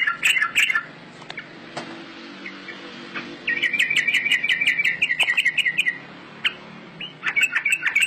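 Bird song in bursts of rapid, chattering high chirps, three runs of varying length separated by short pauses, with a few faint clicks between.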